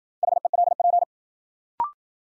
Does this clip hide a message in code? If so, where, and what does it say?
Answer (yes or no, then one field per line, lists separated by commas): yes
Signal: Morse code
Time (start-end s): 0.2-1.0 s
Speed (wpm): 53 wpm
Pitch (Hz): 700 Hz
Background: none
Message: HELP